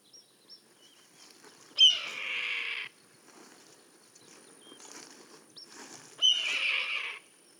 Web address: sound red-tailed-hawk. صدای-عقاب-دم-قرمز